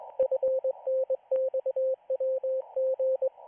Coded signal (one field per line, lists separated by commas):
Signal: Morse code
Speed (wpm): 22 wpm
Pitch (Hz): 520 Hz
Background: radio noise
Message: FNXWG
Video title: Israeli Navy Radiostation 4XZ (Morse Code)